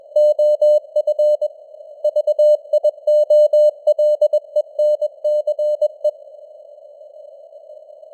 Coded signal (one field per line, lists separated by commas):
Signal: Morse code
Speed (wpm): 21 wpm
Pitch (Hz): 600 Hz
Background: none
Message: OF VIOLENCE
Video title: Morse Code News | 2025-10-28 | 21wpm